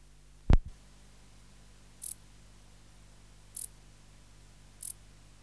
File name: Decticus verrucivorus